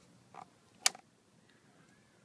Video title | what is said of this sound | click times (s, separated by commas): FORD 6.0L Fuel Injection Control Module | you want to make sure that each of the three harnesses click you'll hear an audible click | 0.9 s